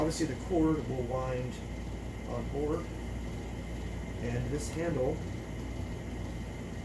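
A plastic handle for a Black+Decker Classic steam mop (HSM13E1) is brought to the top of the mop body and lined up before being pushed in. Someone talks over a steady low hum. Nothing has seated or clicked yet.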